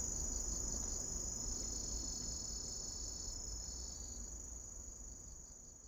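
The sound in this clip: Kusahibari cricket song, a steady high ringing trill held throughout, fading slightly toward the end, over low rumbling background noise.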